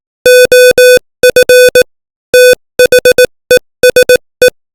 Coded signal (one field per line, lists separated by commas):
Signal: Morse code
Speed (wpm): 18 wpm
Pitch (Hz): 500 Hz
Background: music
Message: OF THESE